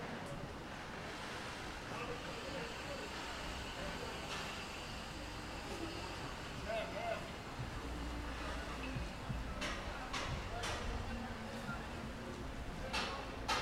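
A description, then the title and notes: A walk around Willemstad, Curacao, with a steady, dense wash of street sound throughout. Voices murmur in the background while vehicle rumble stays low and constant, and brief sharp clicks or knocks break through now and then, especially in the final few seconds. Walking Around Willemstad Curacao.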